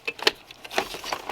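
A plastic harness connector is clipped onto an internal temperature sensor after its wire is fed back down beside it. Light handling taps lead up to a sharp click at 0.3 s as the connector seats, followed by a few softer taps and rustles. The connector is clipped on and seated.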